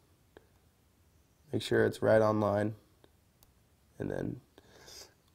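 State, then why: Seated. A camera module is dropped into place in an iPhone 4/4S, and its connector is pressed onto the phone's logic board with a flathead. Someone talks, and the connector clicks in at 4.6 s, showing it has seated.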